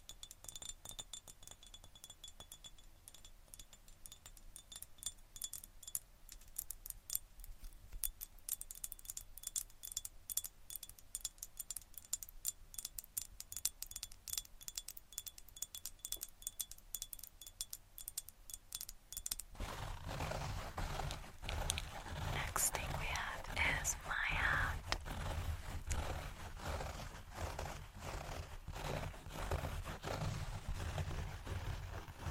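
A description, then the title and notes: Tapping and scratching sounds, with dense, irregular clicks and light taps running throughout. For the first nineteen seconds the sounds are thin and bright; after that a fuller, rougher scratching takes over, louder and steadier, with occasional faint chiming tones near the 23-second mark. Tapping & Scratching.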